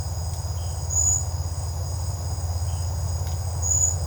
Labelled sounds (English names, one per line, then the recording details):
none
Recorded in secondary vegetation near Puerto Asís, Putumayo, Colombia, on 16 December 2024 at 07:30
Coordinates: 0.499, -76.323
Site G010